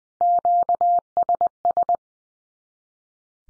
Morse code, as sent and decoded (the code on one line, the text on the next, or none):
--.- ... ...
QSS